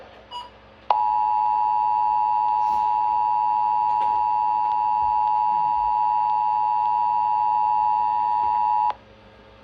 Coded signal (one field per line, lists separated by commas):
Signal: Emergency Alert System (SAME) tones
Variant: 853 and 960 Hz attention tone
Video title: [FOUND SAFE] WV AMBER Alert on 9 stations (12/16/24) EAS 2686-2694